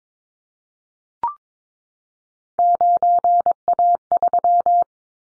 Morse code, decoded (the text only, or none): 9A3